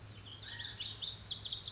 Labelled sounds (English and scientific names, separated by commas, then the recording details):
Lazuli Bunting (Passerina amoena)
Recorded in Sonoma County, California